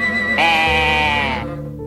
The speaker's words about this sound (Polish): Ledwo zamarzyłem o małym kłębuszku wełny, a już zjawił się duży. To żaden kłębek, to baran!